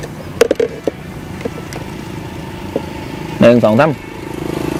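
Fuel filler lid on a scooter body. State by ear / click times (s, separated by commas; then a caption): released / 0.4 s. The fuel filler lid on the body of an All New Click160 scooter is released with the key switch and pops open with a loud, sharp pop at 0.4 s, followed by a few softer clicks. Someone then talks briefly over a steady background hum.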